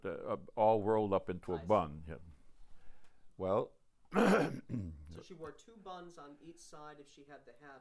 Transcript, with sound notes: A — all rolled up into a bun.
I see.
Yeah. Well, [clears throat]
So she wore two buns on each side if she had the hat on.